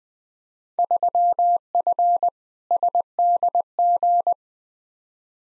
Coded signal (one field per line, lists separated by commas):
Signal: Morse code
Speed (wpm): 20 wpm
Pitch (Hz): 700 Hz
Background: none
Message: 3F SDG